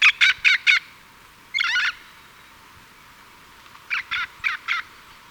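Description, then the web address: Scaly-naped amazon calls: a quick series of four harsh squawks, one longer raspy note, then four more squawks near the end, with quiet gaps between. Ecuador. "Birds of Ecuador. Scaly-Naped Amazon"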